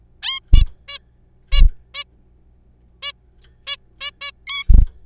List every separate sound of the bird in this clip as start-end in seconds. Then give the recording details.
0.23-0.40, 0.53-0.63, 0.88-0.98, 1.52-1.61, 1.94-2.04, 3.03-3.12, 3.67-3.77, 4.01-4.11, 4.21-4.31, 4.47-4.64. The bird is a juvenile. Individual R3428